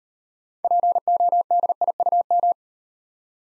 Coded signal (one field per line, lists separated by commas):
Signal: Morse code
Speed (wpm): 38 wpm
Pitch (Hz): 700 Hz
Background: none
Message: PODIUM